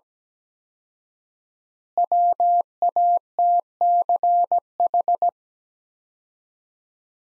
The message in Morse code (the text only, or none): WATCH